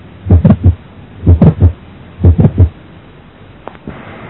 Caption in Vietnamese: Âm sắc đanh xuất hiện ở thì tâm thu, song muộn hơn tiếng click tấm máu, thường ở giữa thì tâm thu. Chúng ta có thể nghe chỉ có một tiếng duy nhất hoặc 2-3 tiếng đứng sát nhau, nghe rõ ở khoảng giữa mỏm tim và phần dưới xương. Nguyên nhân tiếng này đến nay chưa rõ. Tiếng tim bình thường, sau đó tiếng click tâm thu duy nhất và tiếng click tâm thu đôi.